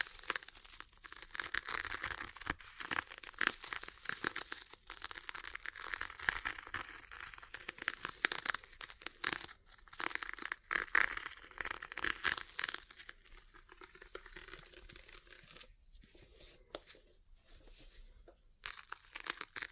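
Ear cleaning and massage sounds: dense, rapid crinkling and rustling scratches that fill the whole twenty seconds with little pause. The texture is bright and papery, swelling and thinning in uneven bursts, with brief quieter gaps near the middle and toward the end.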